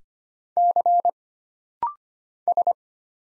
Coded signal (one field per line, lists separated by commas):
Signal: Morse code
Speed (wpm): 25 wpm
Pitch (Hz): 700 Hz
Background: none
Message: C S